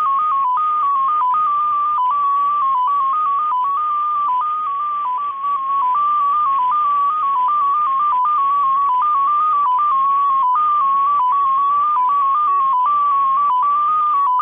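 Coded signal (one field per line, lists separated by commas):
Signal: multi-tone FSK (Olivia or MFSK type)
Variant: XPA2, 14-tone MFSK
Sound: a single beeping tone hopping between nearby pitches every fraction of a second, with brief dropouts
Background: radio static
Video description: XPA2 is a digital mode of the Russian 7 operator. It utilizes a custom 14-tone MFSK system.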